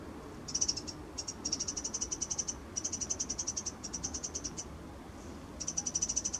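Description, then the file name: Eurasian wren repeating sharp, rapid ticking rattles in short bursts separated by brief gaps. "Troglodytes troglodytes"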